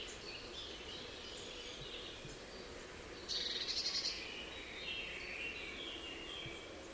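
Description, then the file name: Eurasian blue tit giving a fast, high-pitched trilled call of just under one second midway through, over a constant low hiss. "Cyanistes caeruleus"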